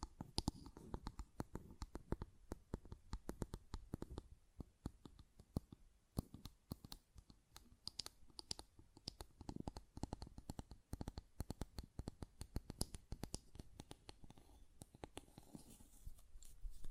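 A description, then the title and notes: A glass perfume bottle is tapped and handled, giving a dense, irregular run of sharp clicks and light knocks across the whole clip. Some taps leave a brief bright ring. A quiet hush sits underneath. ASMR Glass Perfume Bottle Tapping & Lid Sounds (No Talking).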